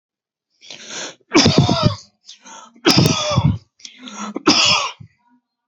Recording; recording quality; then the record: heavy voluntary cough; excellent, no background noise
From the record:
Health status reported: respiratory illness, not identified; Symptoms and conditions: asthma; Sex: male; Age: 48 years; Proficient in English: yes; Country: India